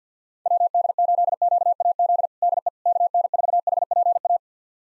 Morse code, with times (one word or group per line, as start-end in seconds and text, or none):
0.5-2.3 WD8QAZ
2.4-2.7 DE
2.9-4.4 KN4HPA